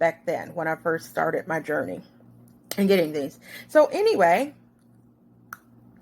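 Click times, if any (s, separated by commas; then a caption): 5.5 s. Someone talks for about four seconds, then a removable Instasmile clip-on veneer (dental appliance) is pressed onto the wearer's bottom teeth. It gives a short, sharp snap at 5.5 s as it seats onto the teeth.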